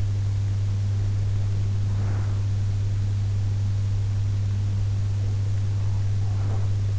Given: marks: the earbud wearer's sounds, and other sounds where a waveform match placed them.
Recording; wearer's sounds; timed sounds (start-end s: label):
sounds in sleep by an in-ear microphone; breath
1.66-2.83 s: breath